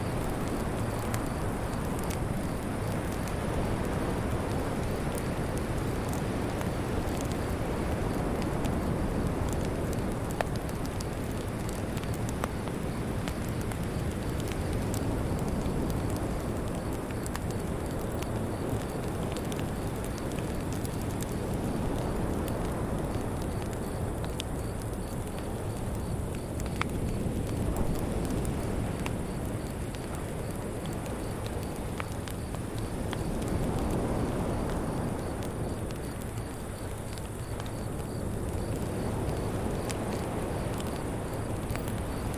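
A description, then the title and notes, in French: A beach fire burns steadily, with a dense, rushing low roar and scattered sharp crackles and pops throughout. A faint, even high buzz of cicadas hangs in the background. The level stays nearly constant across the whole clip, with gentle swells. Feu de plage et Chœur de Cigales | Ambiance Nocturne Cosy. Plongez-vous dans la sérénade apaisante de la nuit de Koh Yao Noi. Tandis que les cigales natives de l'île composent une berceuse perfectionnée au fil des millénaires.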